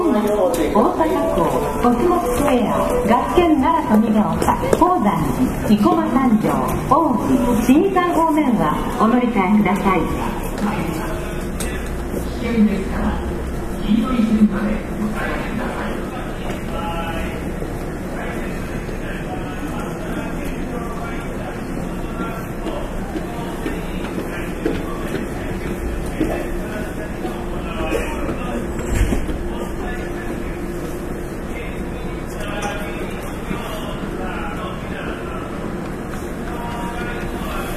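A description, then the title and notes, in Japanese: Inside a Nara Line express train, voices talk over a steady low rumble, the chatter fading after fifteen seconds while the hum continues. 近畿日本鉄道1220系列電車の走行音です。奈良線の急行列車にて収録しました。区間は、大和西大寺から大阪難波までです。奈良線急行 大和西大寺から大阪難波まで。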